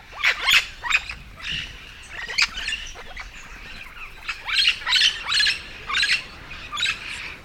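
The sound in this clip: Yellow-shouldered parrot calling: many loud, raucous squawks and screeches in quick, irregular bursts throughout.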